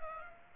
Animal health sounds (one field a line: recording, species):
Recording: mosquito wingbeat signal from an infrared sensor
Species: Culex pipiens